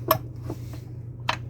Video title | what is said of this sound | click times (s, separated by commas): Pineapple Cookies | and locks into place and then on this side and | 1.3 s